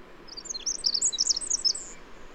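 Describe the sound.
Bird song of high twittering notes, quick slurred chirps bunched together over about two seconds, with a low background hiss.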